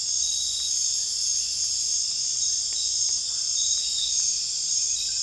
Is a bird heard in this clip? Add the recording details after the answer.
no. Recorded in dense forest near Puerto Asís, Putumayo, Colombia, on 21 December 2024 at 19:00. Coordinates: 0.484, -76.317. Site G026